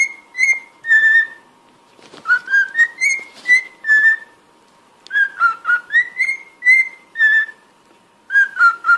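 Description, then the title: Cockatiel whistling: clear mid-pitched notes with bright overtones, grouped in short phrases of several notes separated by brief pauses. Song for training cockatiels. "Canto Para Treinar Calopsita"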